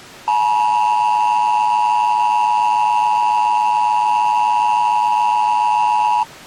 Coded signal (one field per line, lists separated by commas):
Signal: Emergency Alert System (SAME) tones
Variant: 853 and 960 Hz attention tone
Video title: [ZOMBIE EAS / ANALOG HORROR] CODA: REBOOTED - MVT. 2: CRESCENDO